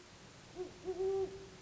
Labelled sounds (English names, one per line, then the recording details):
Great Horned Owl
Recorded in Sonoma County, California